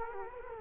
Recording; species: mosquito wingbeat signal from an infrared sensor; Culex quinquefasciatus